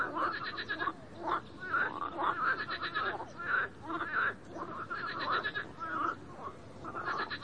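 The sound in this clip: Frog croaking: pulsed, nasal bursts repeated almost continuously, rising and falling in loudness throughout.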